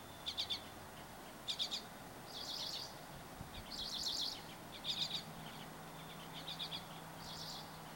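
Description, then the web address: Bird song in short high chirping clusters, some blurring into brief buzzy notes, with faint background noise throughout. Recorded 24 April 2023. "starlog birds 20230424"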